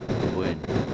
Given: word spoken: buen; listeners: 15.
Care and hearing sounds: one Spanish word in noise, from a listening test; noise modulated by three-talker babble; -3.5 dB; 1 of 15; 12 of 15; 0.54 s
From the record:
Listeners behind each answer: 12, 1, 1, 1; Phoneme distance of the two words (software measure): 7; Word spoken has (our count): 1 syllable, 4 phonemes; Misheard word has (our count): 2 syllables, 5 phonemes, stress on syllable 1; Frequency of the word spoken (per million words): 201.60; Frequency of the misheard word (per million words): 178.65

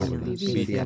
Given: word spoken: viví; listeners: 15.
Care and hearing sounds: one Spanish word in noise, from a listening test; four-talker babble; -2.6 dB; 0 of 15; 12 of 15; 0.46 s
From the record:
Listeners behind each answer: 12, 1, 1, 1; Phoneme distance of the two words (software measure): 7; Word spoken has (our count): 2 syllables, 4 phonemes, stress on syllable 2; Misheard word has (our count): 2 syllables, 5 phonemes, stress on syllable 2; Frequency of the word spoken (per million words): 4.18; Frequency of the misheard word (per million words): 123.34

